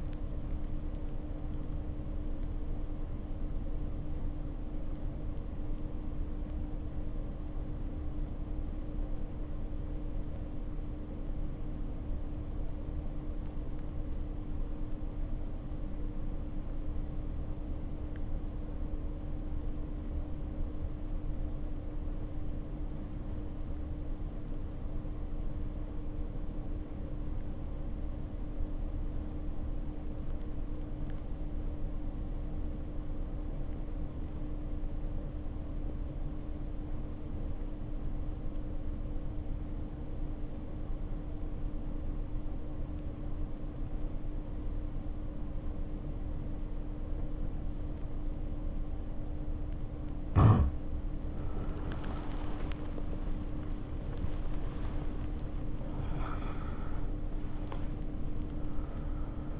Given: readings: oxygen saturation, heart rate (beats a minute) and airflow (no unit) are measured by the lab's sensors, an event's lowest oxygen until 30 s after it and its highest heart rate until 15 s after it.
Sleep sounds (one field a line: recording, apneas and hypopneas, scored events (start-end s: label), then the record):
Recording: breathing in sleep by a smartphone at the bedside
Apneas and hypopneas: 1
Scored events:
4.00-53.20 s: obstructive apnea (N1, oxygen 94% highest, then 65% lowest, heart rate 56 at the start, 91 highest)
14.00-44.00 s: new sleep stage, REM sleep
44.00-59.60 s: new sleep stage, N1 (lightest sleep)
From the record:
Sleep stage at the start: N1 (lightest sleep)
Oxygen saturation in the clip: 70 to 94%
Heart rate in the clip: 50 to 87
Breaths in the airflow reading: 3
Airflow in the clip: -1.5 to 2.8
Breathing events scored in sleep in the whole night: 520 in 7.2 hours asleep